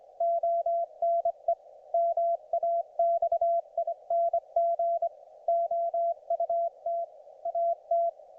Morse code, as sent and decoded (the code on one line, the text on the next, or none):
--- -. . / -- .- -..- .. -. --. / --- ..- - / .- -
ONE MAXING OUT AT